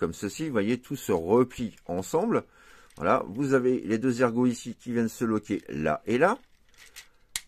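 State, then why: Seated. Someone talks while folding a part of a plastic Transformers Legacy Bulkhead robot toy, pushing its two small plastic pegs into their sockets to lock the folded part in place. After the talking stops, a sharp, clearly audible click at 7.4 s marks the pegs seating into their sockets.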